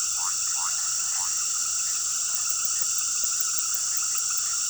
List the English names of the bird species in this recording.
none